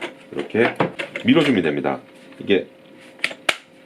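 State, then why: Seated. Someone talks while a mop kit's hexagonal socket is lined up with the hex boss on an Everybot Edge robot mop cleaner and the mop pad holder is pushed on. Two sharp clicks follow at 3.2 s and 3.5 s as the holder seats onto the robot.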